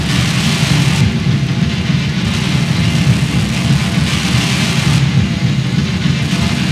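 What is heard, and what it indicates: Steady, unbroken low roaring noise with a faint hiss on top, a simulation of roaring-type tinnitus.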